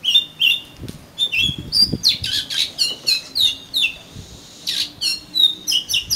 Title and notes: suara kacer. kumpulan suara burung kacer